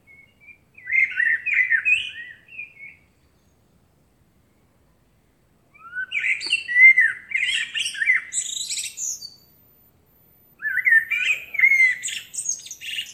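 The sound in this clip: Eurasian blackbird song in three separate phrases with pauses between them. Each phrase mixes low fluty notes with scratchy high twittering.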